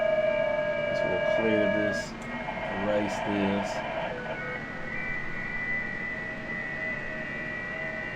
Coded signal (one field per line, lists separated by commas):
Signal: FT8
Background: speech